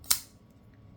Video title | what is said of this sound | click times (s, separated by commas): New Sencut Unboxing! | nice little pop into place. | 0.1 s